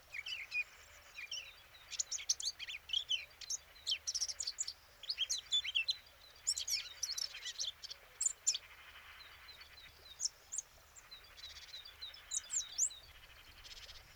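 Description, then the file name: Eurasian blackcap song, several separate bursts of lively warbling and sharp chirps with short pauses. "Sylvia atricapilla"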